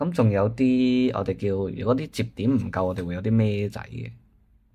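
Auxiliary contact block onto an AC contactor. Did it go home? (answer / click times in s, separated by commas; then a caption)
no / none. A plastic auxiliary contact block for adding more contacts is being handled in front of an AC contactor while someone talks, and the block has not yet clipped on. Nothing has seated or clicked yet.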